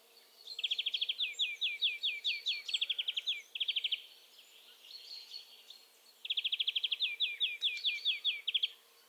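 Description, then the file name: European greenfinch trills, rapid chains of high ticking notes that slow into looser downslurred notes, in several bursts. "Chloris chloris"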